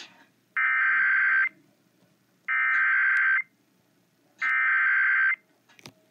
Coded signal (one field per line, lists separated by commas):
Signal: Emergency Alert System (SAME) tones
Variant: header bursts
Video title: Severe Thunderstorm Warning on WBAP-AM (EAS #941)